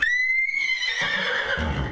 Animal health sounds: contact call of a hoofed animal; horse; whinny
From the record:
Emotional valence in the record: negative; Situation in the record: separation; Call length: 1.92 s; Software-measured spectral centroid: 2380 Hz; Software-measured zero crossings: 3760 a second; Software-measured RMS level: -24 dBFS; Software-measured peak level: -9 dBFS

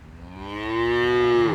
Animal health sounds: contact call of a hoofed animal; cattle; low-frequency (closed-mouth) or high-frequency (open-mouth) call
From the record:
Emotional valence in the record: negative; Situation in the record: full separation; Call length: 1.55 s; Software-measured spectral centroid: 1650 Hz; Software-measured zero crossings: 1360 a second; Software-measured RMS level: -22 dBFS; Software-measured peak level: -9 dBFS

